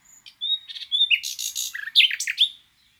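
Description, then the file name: Common nightingale song: pure whistles followed by harsh, buzzy and twisting notes in a dense, varied phrase about two seconds long. "Luscinia megarhynchos"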